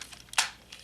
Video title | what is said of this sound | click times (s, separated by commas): Toy Review: Transformers Revenge Of The Fallen (ROTF) Megatron Leader Class / Hasbro 2009 | here that tabs in right here we push that in pops | 0.4 s